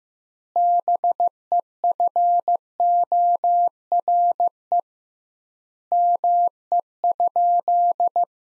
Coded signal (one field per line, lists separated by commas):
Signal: Morse code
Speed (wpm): 15 wpm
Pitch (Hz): 700 Hz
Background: none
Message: BEFORE ME?